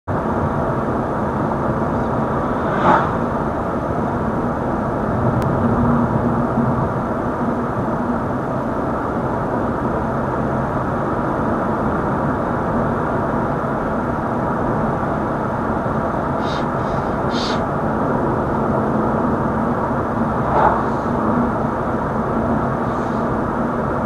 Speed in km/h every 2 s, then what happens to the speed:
68, 65, 62, 60, 61, 65, 66, 67, 65, 65, 63, 61.
0-6 slows to 60. 6-14 speeds up to 67. 14-24 slows to 61.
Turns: none.